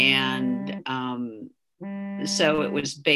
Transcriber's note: phone vibrations